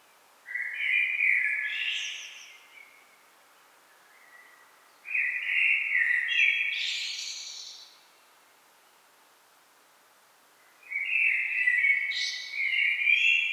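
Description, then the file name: Common blackbird singing fluty, warbling phrases that finish in squeaky high flourishes. Three phrases come at spaced intervals with quiet gaps between. "Turdus merula"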